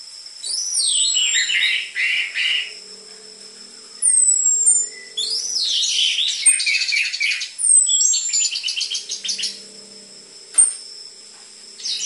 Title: PANCINGAN Anis Merah Gacor Materi Isian Rapat Cocok Untuk MASTERAN Anis Merah TROTOL